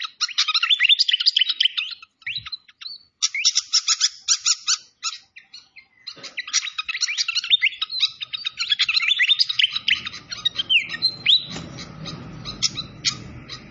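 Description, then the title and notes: Malaysian pied fantail singing in dense runs of rapid chirps and slurred whistles broken by brief gaps, then more chattering notes over a soft low rumble near the end. Masteran (training recording) of a clear-voiced fantail, mixed with the sound of flowing water. "Masteran Sikatan Kipas Suara Jernih Dan Suara Gemericik Air. Suara Burung Sikatan Londo"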